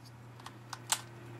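A plastic toy panel is pushed into the lion body of a Red Lion toy in arm mode. A few faint plastic clicks sound at 0.4, 0.5 and 0.7 seconds before a sharper, louder snap at 0.9 seconds. The part seats in place.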